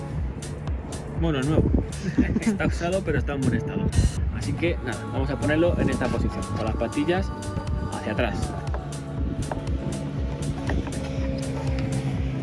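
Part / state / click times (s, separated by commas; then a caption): plastic trim piece clipping into a car interior panel / not seated / none. A used but good-condition replacement plastic trim piece is handled and positioned with its clip tabs facing back, ready to be clipped into a car interior panel, while someone talks over background music. Only light handling knocks are heard. Nothing has seated or clicked yet.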